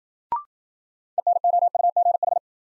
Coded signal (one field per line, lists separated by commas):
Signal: Morse code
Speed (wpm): 56 wpm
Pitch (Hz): 700 Hz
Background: none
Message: ENOUGH